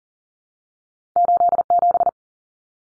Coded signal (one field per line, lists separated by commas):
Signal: Morse code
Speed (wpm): 40 wpm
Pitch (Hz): 700 Hz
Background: none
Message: 87